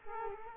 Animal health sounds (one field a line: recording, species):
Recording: mosquito wingbeat signal from an infrared sensor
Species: Culex quinquefasciatus